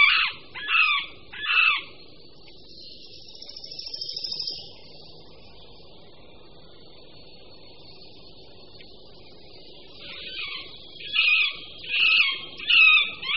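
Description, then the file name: Middle spotted woodpecker nasal quacking notes, a few at the start and a few near the end, separated by a long quiet stretch with a faint high hiss. "Strakapoud-prostřední"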